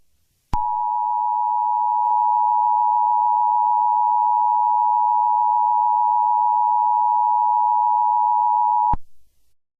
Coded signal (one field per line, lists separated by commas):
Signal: Emergency Alert System (SAME) tones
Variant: 853 and 960 Hz attention tone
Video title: EAS Scenario #15: Unknown Emergency